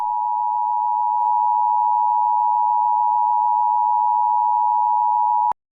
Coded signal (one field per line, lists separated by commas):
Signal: Emergency Alert System (SAME) tones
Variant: 853 and 960 Hz attention tone